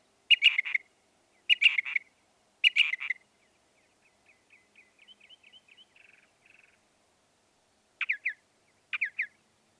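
Northern mockingbird singing: three harsh repeated notes, then a soft run of quick chirps, then two pairs of sharp down-slurred notes after a pause.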